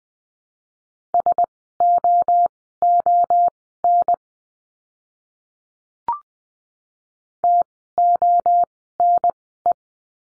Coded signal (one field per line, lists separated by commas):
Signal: Morse code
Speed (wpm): 20 wpm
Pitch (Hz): 700 Hz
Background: none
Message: SOON TONE